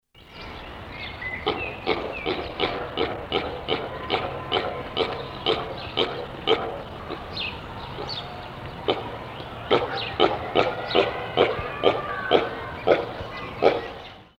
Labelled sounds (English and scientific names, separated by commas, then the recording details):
Blackbuck (Antilope cervicapra)
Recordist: Tembrock, Günter
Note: Rufreihe eines Männchens